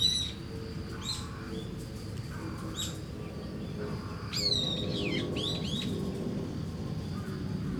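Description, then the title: Starling giving squeaky notes and downward-sliding whistles, over continuous cricket trilling and a low traffic drone. Singing in a tree in Kiyosumi garden, Tokyo, Japan, with crickets and cars; binaural recording with DPA 4060 microphones and a Deity PR-2. "Kiyosumi garden, Tokyo, Japon - Starling in a tree"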